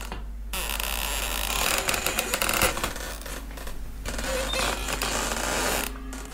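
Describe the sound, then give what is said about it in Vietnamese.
A door creaks as it is pushed open, a long, loud, grinding groan with a rough, rapidly crackling texture that swells and fades over several seconds, with no voices. “Tiếng cánh cửa kèn kẹt được đẩy ra, nghe nó va mị lắm.”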